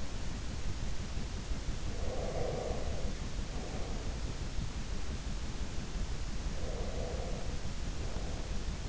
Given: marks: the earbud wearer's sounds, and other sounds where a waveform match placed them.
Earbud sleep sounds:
sounds in sleep by an in-ear microphone; breath
2.00-4.15 s: breath
6.62-8.89 s: breath

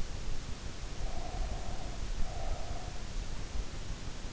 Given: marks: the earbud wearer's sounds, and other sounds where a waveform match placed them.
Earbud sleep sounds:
sounds in sleep by an in-ear microphone; breath
0.85-3.32 s: breath

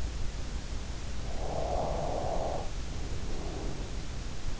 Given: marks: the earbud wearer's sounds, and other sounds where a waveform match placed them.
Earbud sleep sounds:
sounds in sleep by an in-ear microphone; breath
1.18-3.84 s: breath

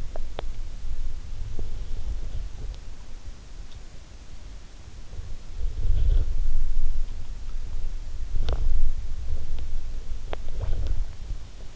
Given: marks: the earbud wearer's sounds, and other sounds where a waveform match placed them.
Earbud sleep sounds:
sounds in sleep by an in-ear microphone; teeth grinding, body movement
0.00-0.66 s: teeth grinding
4.99-11.76 s: body movement
10.16-10.61 s: teeth grinding

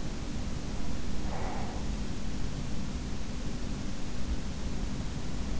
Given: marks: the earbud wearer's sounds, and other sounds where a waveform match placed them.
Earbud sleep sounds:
sounds in sleep by an in-ear microphone; breath
0.94-2.60 s: breath

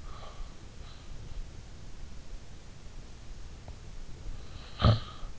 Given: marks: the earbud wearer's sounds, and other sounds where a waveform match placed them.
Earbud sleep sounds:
sounds in sleep by an in-ear microphone; breath, snoring breath
0.00-1.14 s: breath
4.75-5.18 s: snoring breath

